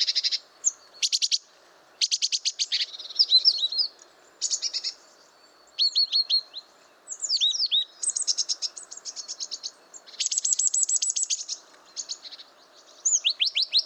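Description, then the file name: Great tit calls: repeated harsh, buzzy churring bursts mixed with rapid series of thin hooked high notes, continuing in bouts throughout with short gaps. "Parus major"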